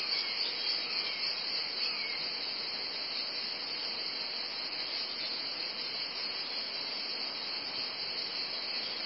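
Cicada chorus forming a steady shrill hum.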